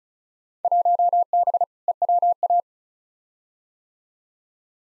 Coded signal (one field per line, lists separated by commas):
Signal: Morse code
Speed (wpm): 34 wpm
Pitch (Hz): 700 Hz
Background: none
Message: 1B EWA